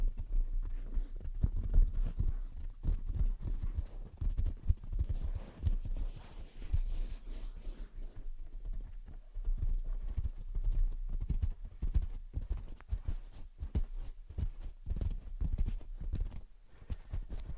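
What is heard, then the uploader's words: Gentle tapping and scratching go on throughout, with quick, irregular knocks that cluster and pause and sometimes fall into a clip-clop rhythm. A soft, low hum sits underneath the whole time. Around the middle, a brief stretch of hazy scratching comes through. Gentle Tapping and Scratching. (No Talking).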